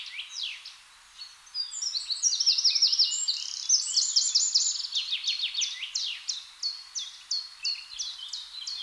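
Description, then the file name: Eurasian wren delivering an energetic stream of piercing trills and rapid chattering notes, ending with evenly spaced high chips. "Troglodytes troglodytes"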